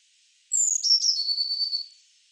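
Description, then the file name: Eurasian blue tit call: a single high, thin note falling into a longer dry, buzzing trill that lasts over a second, in an otherwise quiet setting. "Cyanistes caeruleus"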